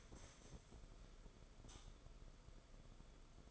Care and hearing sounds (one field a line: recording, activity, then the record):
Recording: daily activity, microphone in the room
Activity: stand up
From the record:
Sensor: 5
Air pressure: 994.5 hPa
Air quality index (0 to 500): 185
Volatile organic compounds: 1000 ppm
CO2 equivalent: 5424 ppm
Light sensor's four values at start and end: 22/56/23/27 and 22/55/23/27